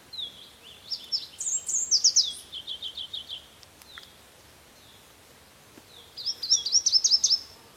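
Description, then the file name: Red warbler song, a bright, fast run of high chips falling into an even trill, then a second jumbled twittering burst after a pause. "Canto do mariquita vermelha"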